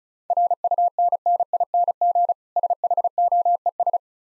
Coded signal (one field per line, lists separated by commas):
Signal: Morse code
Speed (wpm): 36 wpm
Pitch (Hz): 700 Hz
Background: none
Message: RUNNING SHOES